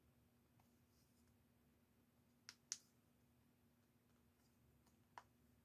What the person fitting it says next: That was a satisfying click.